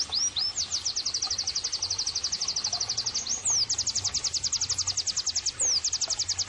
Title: Pleci Gacor 05. terapi pleci dextro 87 plus masteran kenari sahduOmAcuz Dextro87 channel